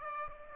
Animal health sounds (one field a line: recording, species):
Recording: mosquito wingbeat signal from an infrared sensor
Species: Aedes aegypti